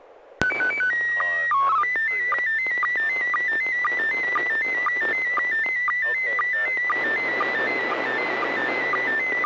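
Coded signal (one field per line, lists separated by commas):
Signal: SSTV (slow-scan television)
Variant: PD 120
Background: speech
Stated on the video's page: SSTV net on an FM repeater on 441.300 MHz, images sent with MMSSTV software.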